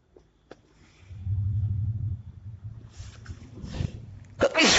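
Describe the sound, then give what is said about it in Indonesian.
A single sharp, loud sneeze bursts out at the very end, following a stretch of low rumbling murmur and a few softer breathy rustles. “Alhamdulillah. Yahdiullah salamana.”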